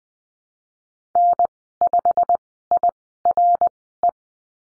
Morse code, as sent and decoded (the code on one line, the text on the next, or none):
-. ..... .. .-. .
N5IRE